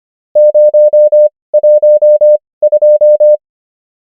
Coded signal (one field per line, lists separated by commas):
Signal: Morse code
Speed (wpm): 25 wpm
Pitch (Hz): 600 Hz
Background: none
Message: 0 1 2